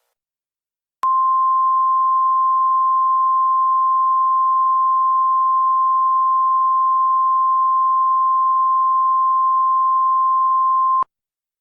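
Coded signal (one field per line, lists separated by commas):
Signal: Emergency Alert System (SAME) tones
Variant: 1050 Hz attention tone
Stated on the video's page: Fictional EAS scenario about sniper shootings, made with Movie Maker and PowerPoint.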